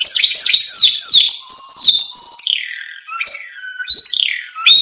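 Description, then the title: Canary song: a flowing run of swooping whistled notes and slurred phrases, varied and continuous with quick changes in pitch. Canary singing prolifically (gacor) with a full, varied song, used as masteran (training audio) for caged lovebirds, white-rumped shamas, canaries and greater green leafbirds. "Masteran Kenari Gacor Full Isian Untuk Lovebird, Murai Batu, Kenari, Cucak Ijo"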